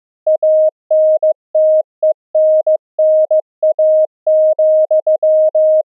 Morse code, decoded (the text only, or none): ANTENNA,